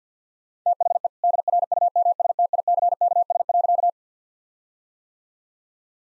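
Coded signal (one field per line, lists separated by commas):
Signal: Morse code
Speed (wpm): 50 wpm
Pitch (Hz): 700 Hz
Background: none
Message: THE DRUMSTICKS.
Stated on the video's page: Morse practice set at 50 wpm, jokes sent with contextual priming.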